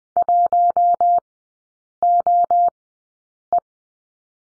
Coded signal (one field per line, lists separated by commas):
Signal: Morse code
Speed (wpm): 20 wpm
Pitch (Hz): 700 Hz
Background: none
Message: 1OE